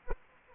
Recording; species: mosquito wingbeat signal from an infrared sensor; Anopheles arabiensis